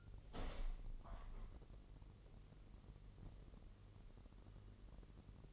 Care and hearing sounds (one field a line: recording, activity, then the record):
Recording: daily activity, microphone in the room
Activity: open window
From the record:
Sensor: 4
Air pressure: 1001.0 hPa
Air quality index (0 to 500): 244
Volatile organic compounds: 42 ppm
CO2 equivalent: 3174 ppm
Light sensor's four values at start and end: 9/20/8/7 and 9/20/8/7